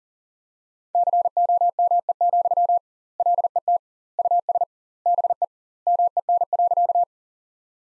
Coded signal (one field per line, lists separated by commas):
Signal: Morse code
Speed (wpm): 40 wpm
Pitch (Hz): 700 Hz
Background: none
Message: COME, LET US BE MEN.